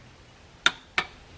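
A click-type torque wrench tightens the oil drain plug in the engine oil pan of a Dodge Grand Caravan / Chrysler Town & Country with a 3.3L or 3.8L engine. Two sharp clicks sound at 0.7 s and 1.0 s, showing the wrench has reached its 20 foot-pound setting.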